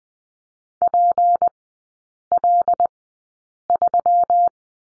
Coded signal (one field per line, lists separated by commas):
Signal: Morse code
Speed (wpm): 20 wpm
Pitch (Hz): 700 Hz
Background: none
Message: PL3